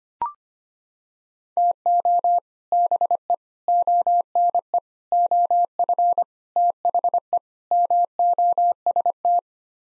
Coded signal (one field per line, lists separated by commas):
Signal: Morse code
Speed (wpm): 25 wpm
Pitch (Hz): 700 Hz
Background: none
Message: TO BE ONE OF THE MOST